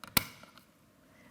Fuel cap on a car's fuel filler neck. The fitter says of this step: I would put the gas cap on first screw it to the right so it's clockwise until it clicks